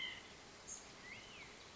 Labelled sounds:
White-breasted Nuthatch
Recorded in Sonoma County, California

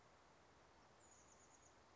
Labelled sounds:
Chestnut-backed Chickadee
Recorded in Sonoma County, California

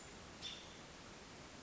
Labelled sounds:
American Robin
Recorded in Sonoma County, California

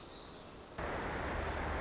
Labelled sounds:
Pacific Wren
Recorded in Sonoma County, California

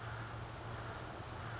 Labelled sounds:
California Towhee
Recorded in Sonoma County, California

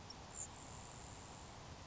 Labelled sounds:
Grasshopper Sparrow
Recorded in Sonoma County, California

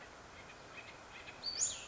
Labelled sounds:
Cassin's Vireo
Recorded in Sonoma County, California

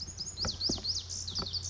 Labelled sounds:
Lazuli Bunting
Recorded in Sonoma County, California

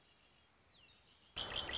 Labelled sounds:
Red-winged Blackbird
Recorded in Sonoma County, California

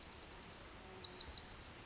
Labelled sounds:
Pacific Wren
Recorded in Sonoma County, California

